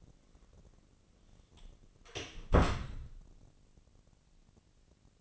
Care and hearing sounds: daily activity, microphone in the room; close door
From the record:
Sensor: 4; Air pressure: 1013.2 hPa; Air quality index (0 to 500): 177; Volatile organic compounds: 2 ppm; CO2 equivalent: 1117 ppm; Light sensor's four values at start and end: 75/187/77/80 and 60/147/62/61

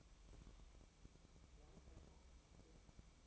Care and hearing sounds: daily activity, microphone in the room; take from stove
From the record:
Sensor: 1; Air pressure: 1008.2 hPa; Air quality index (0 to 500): 134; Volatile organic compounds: 2 ppm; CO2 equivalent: 1127 ppm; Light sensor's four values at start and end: 8/18/7/8 and 8/18/7/8

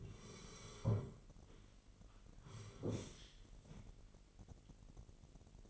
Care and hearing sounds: daily activity, microphone in the room; sit down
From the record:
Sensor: 4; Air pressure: 999.4 hPa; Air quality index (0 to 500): 106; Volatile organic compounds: 2 ppm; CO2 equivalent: 1050 ppm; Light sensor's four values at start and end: 11/26/10/12 and 11/26/10/12

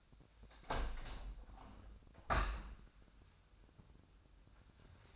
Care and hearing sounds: daily activity, microphone in the room; open window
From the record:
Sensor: 2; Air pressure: 1006.3 hPa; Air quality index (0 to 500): 189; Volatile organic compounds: 11 ppm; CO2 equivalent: 2300 ppm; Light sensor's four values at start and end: 8/20/8/8 and 9/21/9/9

